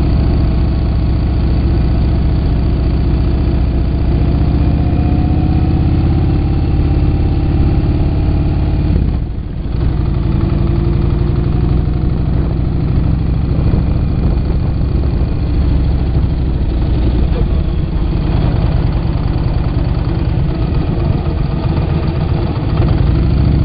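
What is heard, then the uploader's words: Riding across Hoover Dam, a steady low engine drone rumbles throughout, with a brief dip near nine seconds and shifting mid tones. This is just a quick video taken while riding across Hoover Dam.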